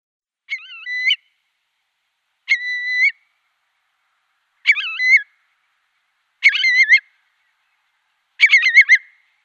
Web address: Schulze Peter Eurasian Curlew calls